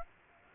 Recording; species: mosquito wingbeat signal from an infrared sensor; Aedes aegypti